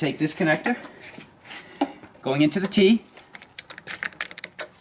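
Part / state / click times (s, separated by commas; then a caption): trailer wiring harness connector into T-connector / seated / 4.6 s. On a 2017 Jeep Wrangler, a trailer wiring harness plug is pushed into the T-connector behind the tail light while someone talks. A series of sharp, clicky plastic hits follows near the end, with the loudest at 4.6 seconds as the connector clicks and seats.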